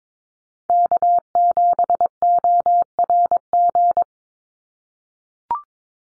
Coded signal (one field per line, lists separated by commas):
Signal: Morse code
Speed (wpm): 22 wpm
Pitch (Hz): 700 Hz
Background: none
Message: K7ORG